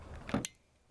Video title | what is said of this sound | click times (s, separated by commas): Wiper Blade Replacement Jeep Patriot 2009 | you hear that snaps and then that I'm pressing it in with my thumb up against | 0.5 s